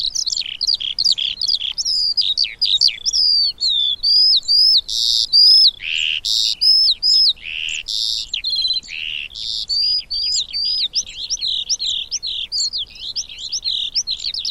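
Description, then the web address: Eurasian skylark pouring out a loud, nonstop high warble of chirps, rattles and sharp whistles, varied and rapid throughout. "Deverinetal"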